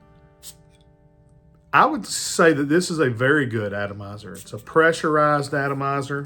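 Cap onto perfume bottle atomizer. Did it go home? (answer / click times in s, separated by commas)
no / none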